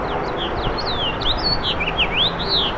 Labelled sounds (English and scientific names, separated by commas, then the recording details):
House Finch (Haemorhous mexicanus) song
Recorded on Long Island, New York, on 7 June 2012
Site SU
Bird B